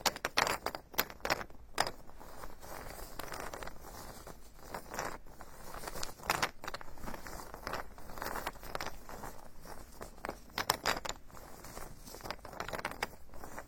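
Wooden tools tap, knock and rub in an irregular rhythm, with sharp bright clicks bunching up near the start, around six to seven seconds and again near eleven. Between them come softer scratchy strokes over a faint steady hiss.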